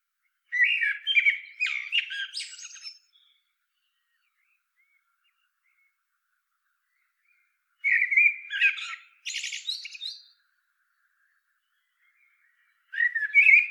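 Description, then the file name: Eurasian blackbird song in three bursts: rich whistled notes around the start of each phrase, trailing into squeaky high-pitched twittering, with several seconds of silence between them. "Turdus merula"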